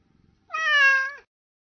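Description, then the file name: Tabby cat giving one drawn-out, harmonic-rich meow lasting under a second, steady then dipping slightly at the end, in an otherwise quiet setting. Tabby cat, described as upset. "torre upset tabby cat"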